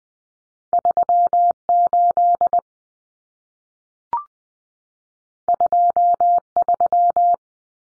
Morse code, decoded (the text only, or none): 38 23